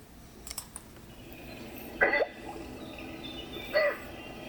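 Yellow-crowned Night Heron giving two short, harsh squawks about two seconds apart against a quiet, hissy background.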